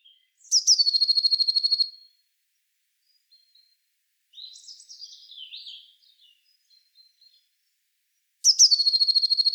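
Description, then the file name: Eurasian blue tit: a high sharp note running into a rapid trill of repeated notes, given twice, with a softer twittering phrase in the gap. "Cyanistes caeruleus"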